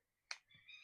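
The back-bar lock of a folding knife engages its blade with a sharp click at 0.3 s, and the lock is seated. A fainter low thump and a rising tonal ring follow in the last half-second.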